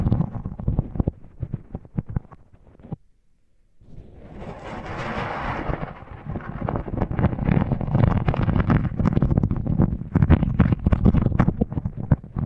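Muffled tingle sounds from mics under tape: quick, dense taps and crackles with a heavy, thumpy low end, then a brief silence around three seconds. A brighter rustling scratch swells in, and a steady stream of crackly tapping continues to the end.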